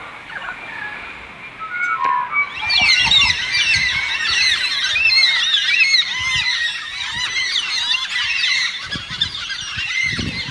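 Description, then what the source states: Baudin's cockatoo flock calling, many overlapping wheezy, squealing notes forming a dense, continuous chorus after a quieter start. About 80 birds came down to drink at a dam at Wallingup, Western Australia; thought to be endangered.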